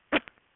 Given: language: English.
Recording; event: throat vibration sensor signal played as sound; cough